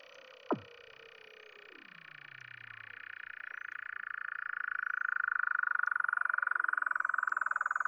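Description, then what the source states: Weddell seal calls: one sharp falling chirp, then a long gliding tone sinking low, followed by a buzzy pulsed trill that grows steadily louder. Recorded in Antarctica.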